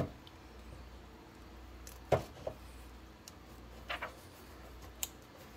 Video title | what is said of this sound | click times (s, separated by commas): How to clean the condenser on the Harvest Right Freeze Dryer | goes on to hear it snap that | 5.0 s